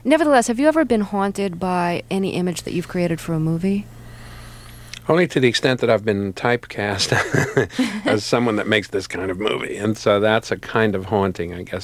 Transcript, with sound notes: Nevertheless, have you ever been haunted by any image that you've created for a movie?
Only to the extent that I've been typecast (laughter) as someone that makes this kind of movie. And so that's a kind of haunting, I guess.